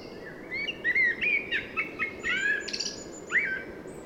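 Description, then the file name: Common blackbird song: fluted whistled notes followed by a burst of high thin twittering, heard over noticeable low rumbling background noise. "Turdus merula"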